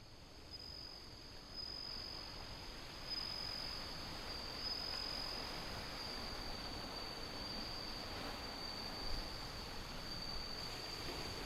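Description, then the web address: Bell cricket singing a sustained high ringing tone with a few brighter pulses, heard through a heavy wash of wind and surf that grows louder early on. Windy scene with ocean sound. "windy scape osean sound suzumushi"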